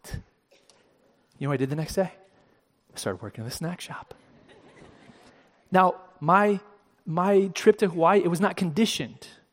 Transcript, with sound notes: Do you know what I did the next day? I started working in the Snack Shop. (Laughter!) Now, my trip to Hawaii was not conditioned